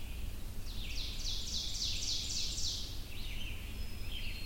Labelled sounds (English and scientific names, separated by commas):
Ovenbird (Seiurus aurocapilla) song